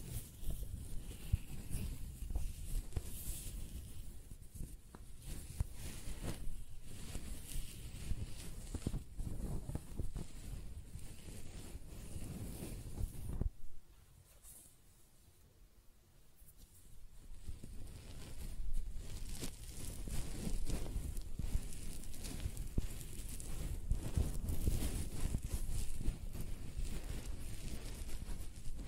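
Hair being scratched and brushed, a dense rustling scrape with a heavy low rumble that keeps up almost without pause. Strokes come in quick, uneven bursts. Around 14 to 17 seconds it drops to near silence, then the rubbing resumes just as thick.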